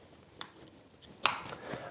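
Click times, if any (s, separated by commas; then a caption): 0.4 s, 1.3 s. Metal harness tongues on a child seat are pushed into the stable belt buckle, which has metal fasteners. They snap shut with two sharp clicks at 0.4 s and 1.2 s, and the buckle is seated.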